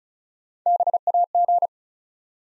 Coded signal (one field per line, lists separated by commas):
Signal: Morse code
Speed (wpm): 36 wpm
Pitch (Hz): 700 Hz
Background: none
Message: BAG